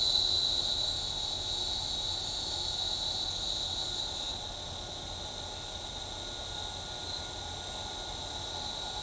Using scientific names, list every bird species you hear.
none